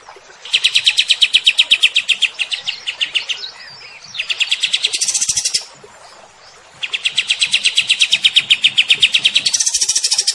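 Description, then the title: Cream-vented bulbul song in dense rapid trills of repeated notes, three long bursts with short quiet breaks and a faint hiss behind. Kept bird after one month of care, recorded as a tutor track; described as singing sweetly and continuously (gacor mbeset). "Masteran Kapas Tembak Merdu. KAPAS Tembak Gacor Mbeset Rawatan Satu Bulan"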